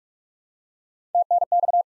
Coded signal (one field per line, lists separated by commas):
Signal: Morse code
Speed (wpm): 47 wpm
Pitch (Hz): 700 Hz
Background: none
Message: TNX